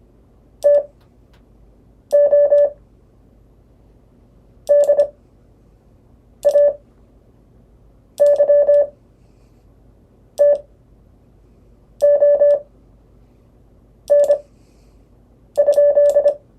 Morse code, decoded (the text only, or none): TODAY TON?